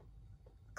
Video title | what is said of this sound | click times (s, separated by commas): Self-threading or quick-threading sewing machine needles | click it into that i don't know if you could hear that but it clicked into the the eye of the needle and | 0.8 s